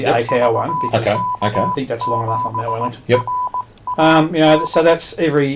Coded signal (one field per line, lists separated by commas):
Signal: Morse code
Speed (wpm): 18 wpm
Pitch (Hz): 1000 Hz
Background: speech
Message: VK7RAD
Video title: DATV Experimenter's Night - Merry Christmas + Summer VHF/UHF Field Day + Lightning Calculator + More